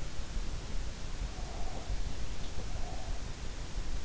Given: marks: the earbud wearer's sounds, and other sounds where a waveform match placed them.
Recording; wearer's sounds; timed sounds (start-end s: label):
sounds in sleep by an in-ear microphone; breath
1.27-3.46 s: breath